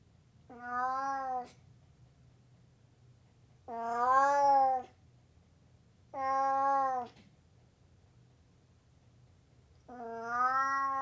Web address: The BBC Sound Effects Library. Burmese Cat Meowing